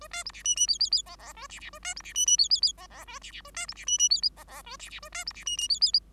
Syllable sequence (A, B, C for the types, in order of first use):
A B C D E E F F F G G A D D A B C D E E F F F G G A D D A B C D E E F G G A D D A B C D E E F F